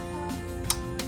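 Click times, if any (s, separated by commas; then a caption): 0.7 s. On the final pass around the bolts of a 1973 Triumph TR6 being restored, a torque wrench tightens a bolt only until it clicks. It gives a sharp click at 0.7 s, showing it reached its setting, with a fainter tick at about 1.0 s over steady background music.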